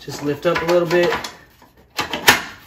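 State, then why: Seated. Someone talks, then a plastic cover on a Sunny SF-T4400 treadmill is lifted slightly and pushed onto the junction of the frame and the upright. Sharp snaps are heard at 2.0, 2.1 and 2.3 seconds, the last the loudest. The cover snaps into place without screws and is seated.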